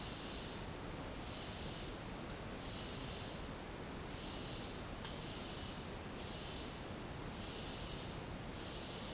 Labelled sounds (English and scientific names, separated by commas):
none